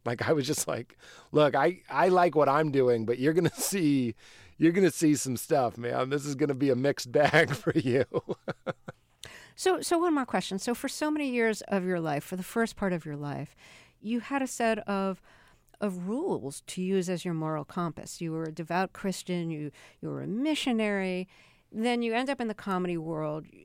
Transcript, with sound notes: Like, I was just, like, look, I like what I'm doing, but you're going to see some stuff, man. This is going to be a mixed bag for you (laughter).
So one more question. So for so many years of your life, for the first part of your life, you had a set of rules to use as your moral compass. You were a devout Christian. You were a missionary. Then you end up in the comedy world.